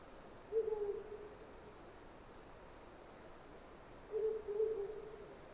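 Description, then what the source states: Owl hooting, two low hoot phrases about three and a half seconds apart, each with a quick double note, over quiet steady background hiss. Recorded 19 September 2009 at 04:36.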